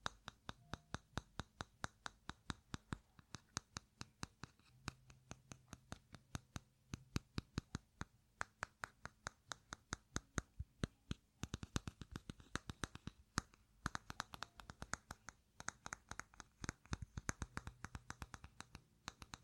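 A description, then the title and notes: Sharp fingertip taps on hard surfaces come in quick, irregular bursts, some with a bright ringing edge like metal or glass, others duller like wood or plastic. The tapping is nearly continuous, with brief pauses and a faint low hum underneath. Metal tapping, wood tapping, plastic tapping, and glass tapping. ASMR Tapping Triggers.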